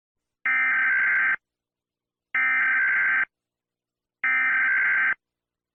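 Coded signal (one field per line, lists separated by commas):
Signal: Emergency Alert System (SAME) tones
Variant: header bursts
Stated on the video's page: Fictional EAS scenario.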